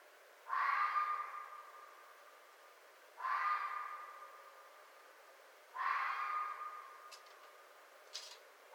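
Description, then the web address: Red fox producing three hoarse barks about two and a half seconds apart, followed by two brief sharp clicks near the end. Recorded 4 May 2011. "Red Fox 2011 05 04 Red Fox"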